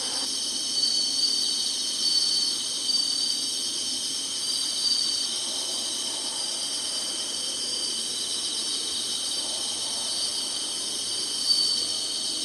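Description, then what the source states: Insects singing in a dense, continuous high-pitched chorus of buzzing trills, steady throughout with slight pulsing and a few faint brief whistles on top. Summer.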